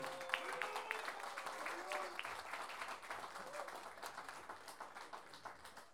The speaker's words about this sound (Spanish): Gracias y Un aplauso primero que nada para ustedes por los estar acá. Del puerto. Y el segundo aplauso para los falladores del puerto que se atreven a